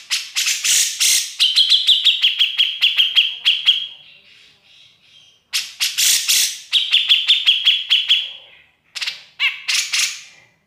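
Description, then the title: Grey-cheeked bulbul delivering rapid rattling phrases of sharp clicks over a high steady whistle, a short pause, then more harsh chattering bursts. Song used to tutor other birds. "MASTERAN CUCAK JENGGOT"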